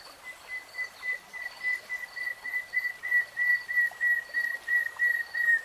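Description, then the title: Nightingale giving a steady run of clear whistled notes, about three each second, at an even pitch with faint higher notes above. "[Tiếng chim hót] REALTIME Nightingale Singing"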